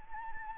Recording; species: mosquito wingbeat signal from an infrared sensor; Anopheles arabiensis